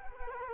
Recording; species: mosquito wingbeat signal from an infrared sensor; Culex quinquefasciatus